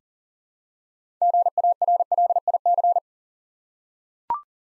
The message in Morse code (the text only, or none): GARLIC